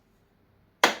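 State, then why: Seated. The metal folding hinge latch clip on the frame of a small DYU S2 electric bike is closed after unfolding. It snaps shut with one loud, sharp snap at 0.8 s after near silence, and the clip is seated and holds in.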